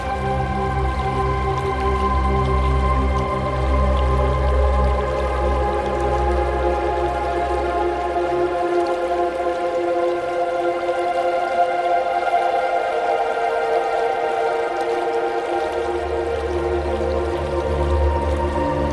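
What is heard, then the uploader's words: Slow, dreamy music of long held tones, layered pads sustaining through the whole clip at an even level. A deep bass note sits underneath at the start and end but drops away from about eight to fifteen seconds, leaving the lighter tones to drift alone. Dreamy Relaxing Music & Bamboo Fountain Sounds. Relaxing music, gentle bamboo fountain sounds and water sounds instill a sense of calm.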